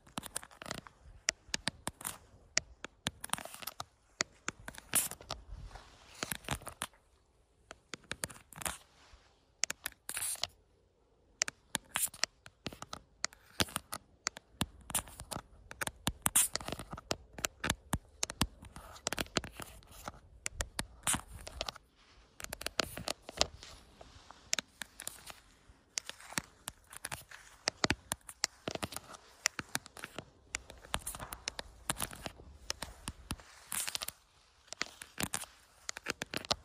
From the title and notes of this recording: ASMR Outdoor Camera Tapping! No Talking.